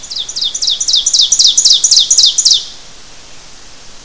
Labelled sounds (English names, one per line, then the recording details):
Ovenbird song
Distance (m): 5 m
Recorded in boreal forest in Alberta, Canada, on 12 June 2016 at 07:10
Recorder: SongMeter 3, array SBT-3-18
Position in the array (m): 240 m, 84 m
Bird 31